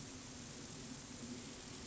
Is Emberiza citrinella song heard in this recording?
no